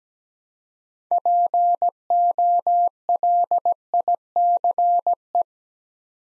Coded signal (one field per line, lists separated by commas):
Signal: Morse code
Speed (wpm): 17 wpm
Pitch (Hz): 700 Hz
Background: none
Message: POLICE